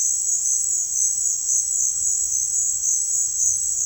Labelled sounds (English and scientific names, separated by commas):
none